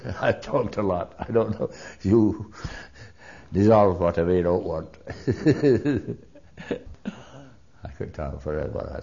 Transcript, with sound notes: I talked a lot. I don't know, you, you'll leave out whatever you don't want. ( he laughs ) I could talk forever.